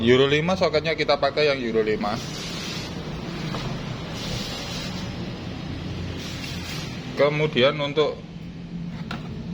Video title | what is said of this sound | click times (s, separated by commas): Read ID ECM Dengan Tools Smartkey Secara Otomatis Maupun Manual | soketnya langsung kita tancap melalui jalur DLC seperti ini. Pastikan bunyi klik. | 9.1 s